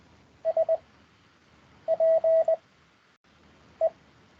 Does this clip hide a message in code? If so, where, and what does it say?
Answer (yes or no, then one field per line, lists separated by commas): yes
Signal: Morse code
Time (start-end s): 0.5-3.9 s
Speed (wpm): 21 wpm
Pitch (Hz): 650 Hz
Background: none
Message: SPE